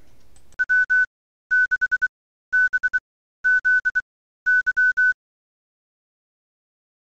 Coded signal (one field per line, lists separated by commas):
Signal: Morse code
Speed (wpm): 23 wpm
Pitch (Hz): 1500 Hz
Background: none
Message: W 6 B Z Y